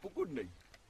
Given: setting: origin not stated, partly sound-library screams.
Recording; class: one-second piece from a danger detection set; normal situation